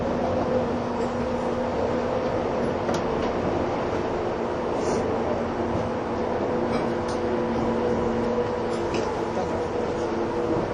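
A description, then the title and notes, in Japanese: Running sound from inside a 185 series train on the Odoriko 106 service: a steady, dense rumble with a low hum and faint tonal whine holding throughout. Light clicks and rattles surface now and then, around three, five and seven to nine seconds. 185系 踊り子106号01 伊豆急下田～熱海。修善寺始発の列車を併結しつつも上り列車で最速となる、185系踊り子106号を収録したものです。音の旅(走行音)。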